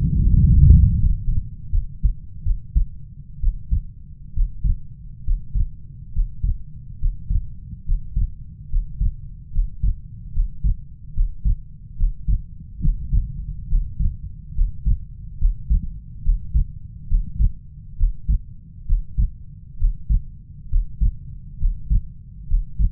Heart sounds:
heart sounds by stethoscope; 70 bpm
0.22 s: heartbeat
0.98 s: heartbeat
1.70 s: heartbeat
2.43 s: heartbeat
3.40 s: heartbeat
4.33 s: heartbeat
5.24 s: heartbeat
6.12 s: heartbeat
6.98 s: heartbeat
7.85 s: heartbeat
8.69 s: heartbeat
9.51 s: heartbeat
10.32 s: heartbeat
11.13 s: heartbeat
11.96 s: heartbeat
12.80 s: heartbeat
13.68 s: heartbeat
14.54 s: heartbeat
15.38 s: heartbeat
16.22 s: heartbeat
17.07 s: heartbeat
17.96 s: heartbeat
18.85 s: heartbeat
19.77 s: heartbeat
20.68 s: heartbeat
21.58 s: heartbeat
22.47 s: heartbeat
From the record:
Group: healthy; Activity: breath hold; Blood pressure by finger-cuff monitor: 100/79 mmHg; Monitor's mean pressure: 85 mmHg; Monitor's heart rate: 71 bpm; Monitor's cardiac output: 4.7 L/min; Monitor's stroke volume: 67 mL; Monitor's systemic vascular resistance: 1270 dyn s/cm5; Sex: male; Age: 20 years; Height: 187 cm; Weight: 68.9 kg

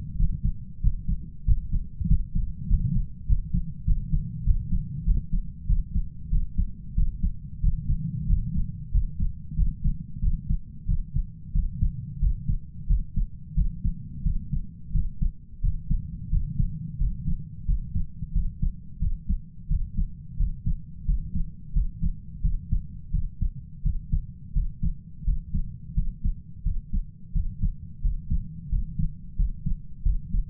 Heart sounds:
heart sounds by stethoscope; 90 bpm
0.17 s: heartbeat
0.82 s: heartbeat
1.46 s: heartbeat
2.08 s: heartbeat
2.68 s: heartbeat
3.27 s: heartbeat
3.85 s: heartbeat
4.45 s: heartbeat
5.05 s: heartbeat
5.67 s: heartbeat
6.30 s: heartbeat
6.96 s: heartbeat
7.61 s: heartbeat
8.27 s: heartbeat
8.92 s: heartbeat
9.56 s: heartbeat
10.21 s: heartbeat
10.87 s: heartbeat
11.53 s: heartbeat
12.20 s: heartbeat
12.87 s: heartbeat
13.55 s: heartbeat
14.23 s: heartbeat
14.92 s: heartbeat
15.61 s: heartbeat
16.30 s: heartbeat
16.98 s: heartbeat
17.66 s: heartbeat
18.33 s: heartbeat
19.00 s: heartbeat
19.68 s: heartbeat
20.37 s: heartbeat
21.05 s: heartbeat
21.73 s: heartbeat
22.42 s: heartbeat
23.11 s: heartbeat
23.83 s: heartbeat
24.53 s: heartbeat
25.24 s: heartbeat
25.94 s: heartbeat
26.63 s: heartbeat
27.33 s: heartbeat
28.01 s: heartbeat
28.69 s: heartbeat
29.36 s: heartbeat
30.03 s: heartbeat
From the record:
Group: healthy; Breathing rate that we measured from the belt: 7 breaths a minute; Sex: male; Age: 33 years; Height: 179 cm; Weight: 80.4 kg

